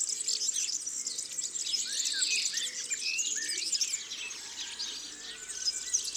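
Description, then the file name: European serin song: a fast, tinkling, wheezy jingle held high and steady throughout, with occasional lower curved whistles from a second bird. "Serin cini ABC des chants doiseaux"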